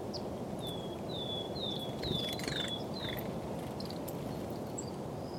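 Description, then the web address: Grey-headed woodpecker giving a series of soft down-slurred whistled notes, roughly two per second, partly masked by a loud steady low rushing background. "linnut harmaap 2. linnut taustaa aanet"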